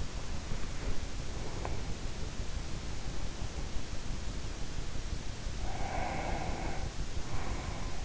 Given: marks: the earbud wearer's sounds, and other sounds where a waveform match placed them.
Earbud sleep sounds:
sounds in sleep by an in-ear microphone; breath
0.00-1.98 s: breath
5.10-8.05 s: breath

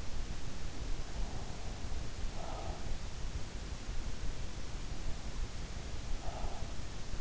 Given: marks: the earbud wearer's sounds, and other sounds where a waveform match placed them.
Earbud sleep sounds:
sounds in sleep by an in-ear microphone; breath
0.73-3.09 s: breath
6.05-6.99 s: breath

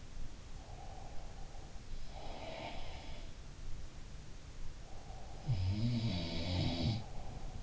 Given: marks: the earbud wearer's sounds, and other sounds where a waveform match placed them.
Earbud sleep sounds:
sounds in sleep by an in-ear microphone; breath
0.55-2.82 s: breath
2.04-3.21 s: sound from someone else or the room
4.78-7.63 s: breath
5.28-7.13 s: sound from someone else or the room

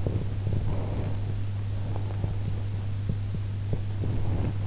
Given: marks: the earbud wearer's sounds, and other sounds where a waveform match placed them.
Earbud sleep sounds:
sounds in sleep by an in-ear microphone; body movement
0.04-4.67 s: body movement

